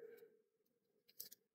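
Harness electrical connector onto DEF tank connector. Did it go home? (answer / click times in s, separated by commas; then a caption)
no / none. A plastic wiring harness connector is pushed onto its mating connector on the DEF tank harness of a 2012–2016 LML Duramax during a DEF heater replacement. A low hum fades out, followed by a few faint, short plastic ticks and rattles near the end. The connector has not clicked into place yet, and the connection is missed.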